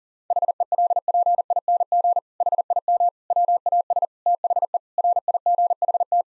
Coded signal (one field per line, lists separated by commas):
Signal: Morse code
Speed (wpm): 40 wpm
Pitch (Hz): 700 Hz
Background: none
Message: HELPING HIM WAS THE RIGHT